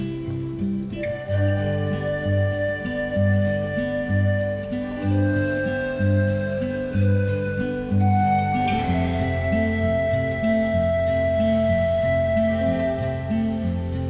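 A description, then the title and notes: A pan flute plays long, held notes over a steady, low plucked guitar pattern that repeats in even beats throughout. The melody shifts to new notes near the start and again around the nine-second mark, while the overall level stays constant. Pan Flute & Guitar.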